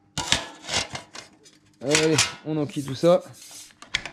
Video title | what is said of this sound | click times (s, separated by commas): D'une épave à un Caferacer - Zr7 Project Ep 3 | et là ça doit clipser voilà donc ça clipse pas parce que j'ai pas fini mais voilà donc | none